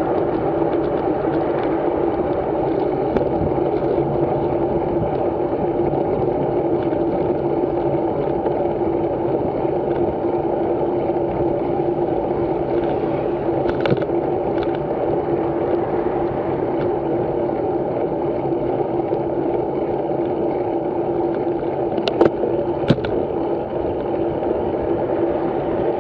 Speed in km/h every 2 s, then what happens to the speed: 30, 29, 27, 25, 27, 25, 24, 26, 22, 26, 25, 26, 26.
0-26 steady at about 26.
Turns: none.